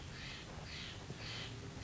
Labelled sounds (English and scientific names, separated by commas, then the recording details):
Steller's Jay (Cyanocitta stelleri)
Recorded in Sonoma County, California